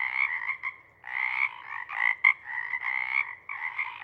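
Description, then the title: Pacific chorus frogs calling in raspy, buzzy bursts that break into separate sections with brief gaps, one sharp loud note near the middle. Pacific chorus frog (Pseudacris regilla) chorus at a pond in the pre-morning twilight as the late night wanes; the chorus waxes and wanes. "Chorus Frogs, Chorus Waxes and Wanes, pre-morning-twilight"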